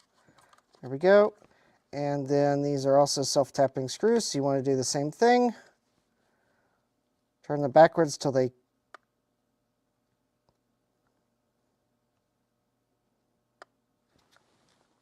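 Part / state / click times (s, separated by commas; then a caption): self-tapping screw into plastic mouse housing / seated / 8.9 s, 13.6 s. Someone talks while reassembling an Amiga 1000 tank mouse, then turns a self-tapping screw backwards into the plastic mouse housing so it does not cut a new thread. Small clicks at 8.9 s and 13.6 s mark the screw dropping into its existing thread, and it is seated.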